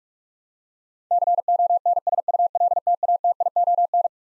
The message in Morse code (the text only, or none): CONSULTATION